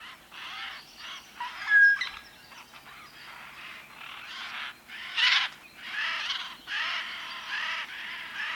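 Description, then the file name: Eurasian jay's harsh, noisy screeching calls repeated in a ragged series, some bursts louder than others. "skovskade"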